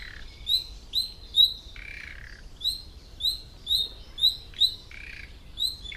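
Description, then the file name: Common nightingale with rising whistled calls, alternating with buzzy, harsh rasping notes. "Luscinia megarhynchos"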